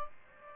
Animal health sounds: mosquito wingbeat signal from an infrared sensor; Aedes aegypti

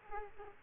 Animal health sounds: mosquito wingbeat signal from an infrared sensor; Aedes aegypti

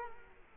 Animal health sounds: mosquito wingbeat signal from an infrared sensor; Culex quinquefasciatus

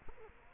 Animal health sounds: mosquito wingbeat signal from an infrared sensor; Culex quinquefasciatus

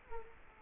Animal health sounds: mosquito wingbeat signal from an infrared sensor; Culex quinquefasciatus

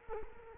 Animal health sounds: mosquito wingbeat signal from an infrared sensor; Culex quinquefasciatus

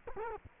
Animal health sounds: mosquito wingbeat signal from an infrared sensor; Culex quinquefasciatus

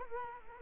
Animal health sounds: mosquito wingbeat signal from an infrared sensor; Culex quinquefasciatus

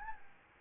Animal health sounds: mosquito wingbeat signal from an infrared sensor; Anopheles gambiae

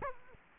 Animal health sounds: mosquito wingbeat signal from an infrared sensor; Culex quinquefasciatus

